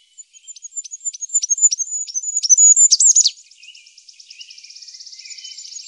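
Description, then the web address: Goldcrest song: very high, thin notes repeated rapidly, ending in a brief flourish, then a softer high trilling phrase continuing. "Faglar Sound Kungsfagel"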